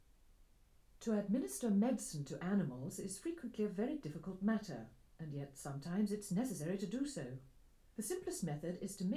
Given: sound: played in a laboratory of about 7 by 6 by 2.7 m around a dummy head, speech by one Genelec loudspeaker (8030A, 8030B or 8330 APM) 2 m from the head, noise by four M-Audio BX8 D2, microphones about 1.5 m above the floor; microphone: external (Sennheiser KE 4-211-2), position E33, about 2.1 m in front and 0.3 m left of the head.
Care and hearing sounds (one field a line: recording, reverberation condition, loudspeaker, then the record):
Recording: female speech in English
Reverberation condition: low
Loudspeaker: 30 degrees to the right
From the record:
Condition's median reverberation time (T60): about 310 ms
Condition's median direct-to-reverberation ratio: about 3.5 dB